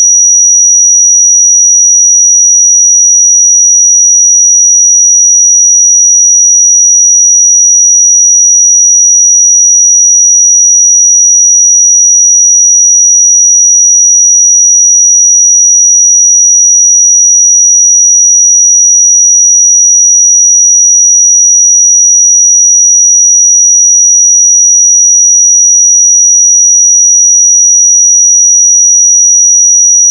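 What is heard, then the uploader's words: A pure 5805 Hz sine tone holds perfectly steady and bright for the full thirty seconds, unchanging in pitch and loudness, with nothing else present. 5805 Hz 1 Hz Interval Sine Pure Tone Frequency 441000 Sample Mono.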